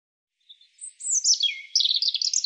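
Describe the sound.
European robin singing: soft high note, a drawn thin whistle, then slurred descending notes and a rapid sparkling trill at the end, nothing else audible.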